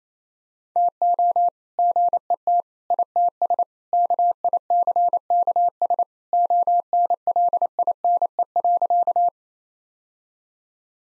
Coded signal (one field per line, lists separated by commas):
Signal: Morse code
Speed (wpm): 28 wpm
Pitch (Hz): 700 Hz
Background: none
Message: TO GET ITS KICKS ONLINE.